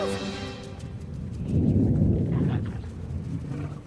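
A deep rumbling thunderclap rolls in, swelling loud and low after a moment, then trailing off gradually, preceded by a faint tonal hum.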